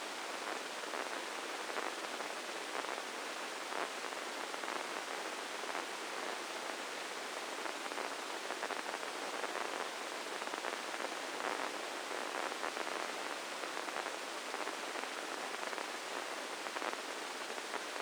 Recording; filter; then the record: brain microelectrode recording played as sound; spike band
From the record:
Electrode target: subthalamic nucleus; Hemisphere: left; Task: reaching with the right hand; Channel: 1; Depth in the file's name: 4.826 mm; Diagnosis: Parkinson's disease